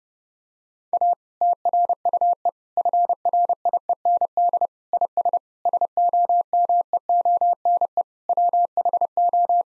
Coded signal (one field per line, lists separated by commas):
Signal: Morse code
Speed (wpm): 30 wpm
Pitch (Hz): 700 Hz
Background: none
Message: A TRUE FRIEND IS SOMEONE WHO